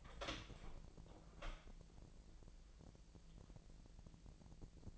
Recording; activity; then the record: daily activity, microphone in the room; open door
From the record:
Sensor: 5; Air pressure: 1001.4 hPa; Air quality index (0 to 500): 248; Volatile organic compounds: 35 ppm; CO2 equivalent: 3062 ppm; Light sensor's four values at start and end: 37/86/35/33 and 37/86/34/33